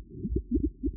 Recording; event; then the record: neck accelerometer signal played as sound; no cough (speech, laughter, throat clearing or background)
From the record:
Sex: female